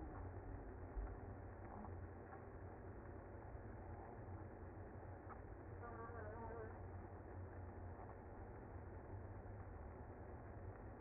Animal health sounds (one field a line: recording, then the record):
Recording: honeybee colony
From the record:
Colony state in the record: active